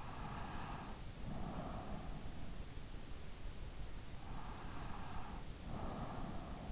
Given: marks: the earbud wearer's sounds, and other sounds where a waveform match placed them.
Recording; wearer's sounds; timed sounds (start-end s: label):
sounds in sleep by an in-ear microphone; breath
0.00-2.61 s: breath
4.37-6.63 s: breath